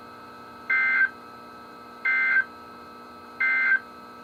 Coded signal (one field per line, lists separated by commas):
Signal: Emergency Alert System (SAME) tones